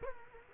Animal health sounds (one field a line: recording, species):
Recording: mosquito wingbeat signal from an infrared sensor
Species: Culex quinquefasciatus